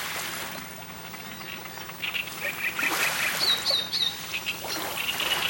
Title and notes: Cannareccione sul Lago di Garda - Great Reed Warbler singing at Lake Garda (Verona Italy).